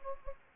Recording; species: mosquito wingbeat signal from an infrared sensor; Anopheles gambiae